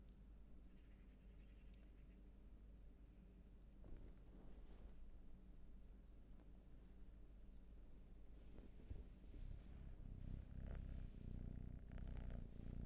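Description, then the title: Cat purring, a low steady rumble that grows louder and rougher in the last few seconds, with some rustling. Purring, raw and unprocessed. "Purrathon"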